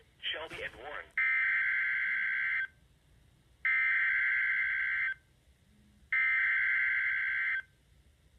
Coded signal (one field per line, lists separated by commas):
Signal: Emergency Alert System (SAME) tones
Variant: header bursts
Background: speech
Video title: Severe Thunderstorm Warning #3 (EAS #130)